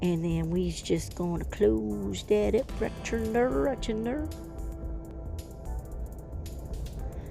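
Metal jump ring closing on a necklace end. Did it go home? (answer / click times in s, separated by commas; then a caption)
no / none. A metal jump ring on a bead necklace end is pressed closed with pliers while someone talks over background music. A few short, faint clicks follow in the quieter stretch after the talking, but the ring has not clicked shut or seated yet.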